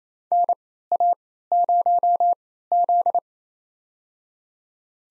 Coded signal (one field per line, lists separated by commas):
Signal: Morse code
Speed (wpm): 27 wpm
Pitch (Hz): 700 Hz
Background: none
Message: NA0Z